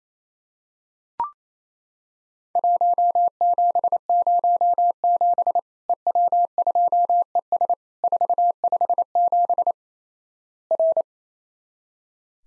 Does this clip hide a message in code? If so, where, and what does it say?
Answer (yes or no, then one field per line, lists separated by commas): yes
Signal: Morse code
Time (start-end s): 2.6-11.0 s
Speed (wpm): 28 wpm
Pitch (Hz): 700 Hz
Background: none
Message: 1707 EW2ES 457 R